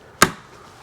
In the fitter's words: They just line up and snap into place.